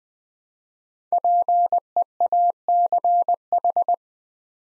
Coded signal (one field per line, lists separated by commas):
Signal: Morse code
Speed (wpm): 21 wpm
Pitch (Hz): 700 Hz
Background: none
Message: PEACH